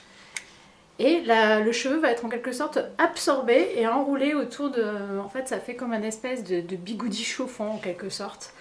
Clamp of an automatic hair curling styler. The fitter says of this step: niveau de la pince vous voyez ça clique comme ça